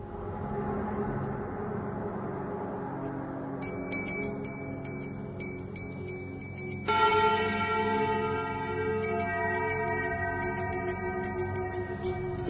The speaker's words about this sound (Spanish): Una campanilla característica en noches de difuntos, como tenemos aquí encima de la mesa, un servidor la está haciendo sonar, que nos trae tantos recuerdos, ¿no?